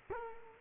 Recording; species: mosquito wingbeat signal from an infrared sensor; Culex quinquefasciatus